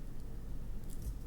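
A plastic part of an MG GM Sniper 2 model kit is pushed into an awkward socket, giving a low, steady handling rustle with a brief faint tick near 0.9 s. Nothing has clicked yet: the part is not locked in and just hovers in its connection.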